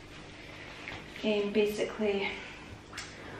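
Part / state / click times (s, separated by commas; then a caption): stroller frame lock / seated / 3.0 s. A pet stroller frame is unfolded, and its frame latch locks into place with a click at 3.0 s. Someone talks through most of the clip, and the latch is seated.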